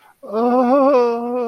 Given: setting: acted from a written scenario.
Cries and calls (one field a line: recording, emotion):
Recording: vocal sound without words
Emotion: distress